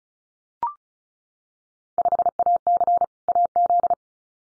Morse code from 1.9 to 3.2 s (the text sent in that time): 5AC